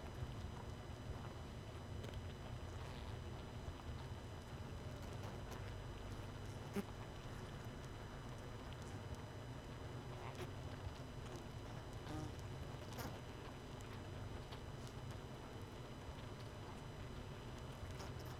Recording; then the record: honeybee colony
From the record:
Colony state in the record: missing queen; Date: 31 May 2018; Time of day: 20:57